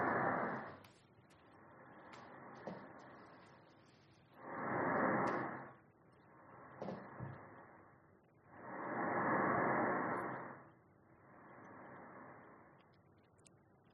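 Lung sounds of a person who has just started smoking, heard by digital stethoscope over the back at the lung bases: slow breaths, with louder broad breath noise alternating with softer phases.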